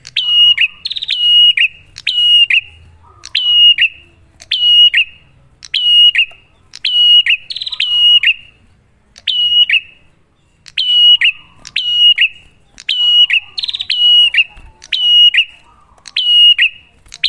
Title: Masteran Duet Cililin Vs Kapas Tembak. Pancingan Prenjak Gacor